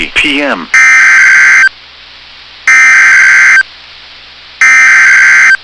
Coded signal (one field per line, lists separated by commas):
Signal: Emergency Alert System (SAME) tones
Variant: header bursts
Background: speech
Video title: [EAS Compilation] Severe Thunderstorm Warnings on NOAA Weather Radio WXM99 [August 2, 2022]